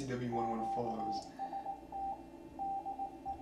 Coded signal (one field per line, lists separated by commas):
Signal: Morse code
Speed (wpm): 18 wpm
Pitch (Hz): 790 Hz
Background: speech, radio noise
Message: QST DE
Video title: Van Pelt - the C128 and Ham Radio - CLASS 2023